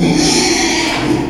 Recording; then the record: squeal of a Yucatan mini pig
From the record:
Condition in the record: after surgery on the right vocal fold (resection and tissue-engineered implant); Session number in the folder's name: 2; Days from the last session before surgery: 13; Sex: male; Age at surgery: 12 weeks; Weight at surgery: 13 kg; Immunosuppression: cyclosporine, prednisolone